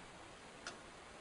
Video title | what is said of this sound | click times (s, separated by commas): Microscope | if you hear that sound that means that your objective lens is properly clicked in position | 0.7 s